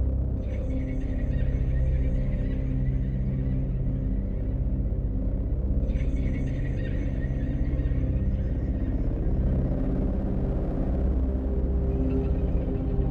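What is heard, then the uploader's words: A distant planet ambience: a thick, steady low rumble drones throughout with little change in loudness. Higher, hissing shimmers with a faint metallic ring rise over it in long waves, from the start to about four seconds, again near six to nine seconds, and at the end. Distant Planet Ambience.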